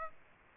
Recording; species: mosquito wingbeat signal from an infrared sensor; Aedes aegypti